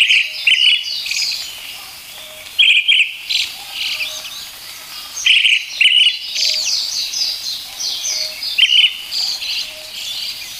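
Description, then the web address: Brown-headed thrush song: loud doubled notes repeated every few seconds, with continuous high twittering and chirping behind. "sikioto. akahara"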